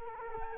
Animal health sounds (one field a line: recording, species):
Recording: mosquito wingbeat signal from an infrared sensor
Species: Culex quinquefasciatus